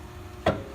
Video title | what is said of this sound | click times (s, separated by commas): 2007-2013 Mercedes C300 Brake Pad Replacement | and snaps in. | 0.5 s